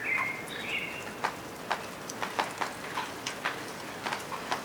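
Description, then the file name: Common blackbird giving a couple of thin whistled notes at the start, followed by irregular dripping taps like rain. "Turdus merula"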